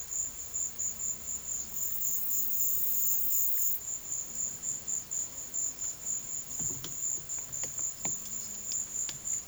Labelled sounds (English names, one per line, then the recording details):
none
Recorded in pastures near Puerto Asís, Putumayo, Colombia, on 12 March 2025 at 14:30
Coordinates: 0.487, -76.322
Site G077